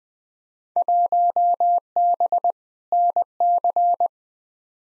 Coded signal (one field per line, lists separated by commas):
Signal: Morse code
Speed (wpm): 20 wpm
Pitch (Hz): 700 Hz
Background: none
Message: 1B NC